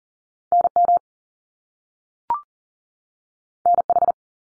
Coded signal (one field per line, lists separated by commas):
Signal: Morse code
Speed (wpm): 40 wpm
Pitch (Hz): 700 Hz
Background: none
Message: NM NH